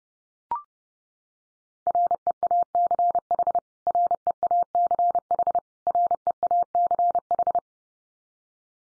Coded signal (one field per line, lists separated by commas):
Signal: Morse code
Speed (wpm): 30 wpm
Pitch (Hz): 700 Hz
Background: none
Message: REACH REACH REACH